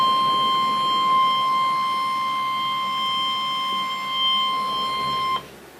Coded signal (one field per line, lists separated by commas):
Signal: Emergency Alert System (SAME) tones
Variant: 1050 Hz attention tone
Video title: EAS #18: Severe Thunderstorm Warning - June 28, 2013 1:24 PM